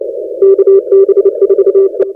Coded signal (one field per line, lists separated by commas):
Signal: Morse code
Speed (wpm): 30 wpm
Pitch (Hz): 390 Hz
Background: none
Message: KB4E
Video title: Morse Code Is Not Dead - 2025 ARRL CW Contest at PJ2T - Sit With Us in the Operator's Chair